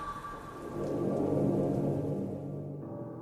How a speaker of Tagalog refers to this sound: Kahit malakas ang ulan sa labas na sinasabayan pa ng malalakas na kulog, ay nadinig ko pa rin yun